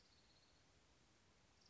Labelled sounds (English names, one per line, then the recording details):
Orange-crowned Warbler
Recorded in Sonoma County, California